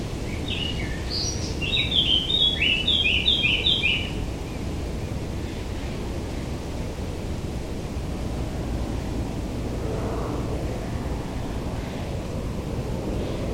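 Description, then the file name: Eurasian blackcap song: a brief warbled phrase ending in several quick, bright fluted notes, followed by about ten seconds of steady background noise only. "Sylvia atricapilla"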